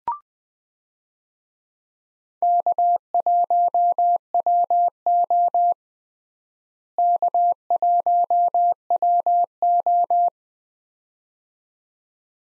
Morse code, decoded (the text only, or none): K1WO K1WO